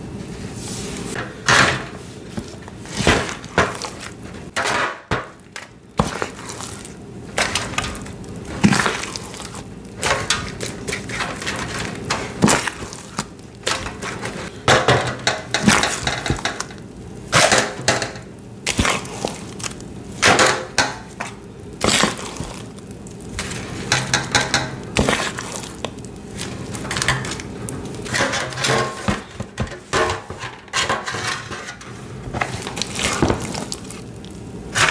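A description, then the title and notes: Glitter and materials are handled, with frequent short, bright clicks, taps and scraping strokes scattered irregularly throughout. Bursts of rustling and gritty pouring come and go between quieter pauses, over a faint low hum. Dumping glitter to make a glitter mix, pouring water, mixing paste, scooping into tins.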